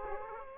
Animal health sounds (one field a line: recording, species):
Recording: mosquito wingbeat signal from an infrared sensor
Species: Aedes aegypti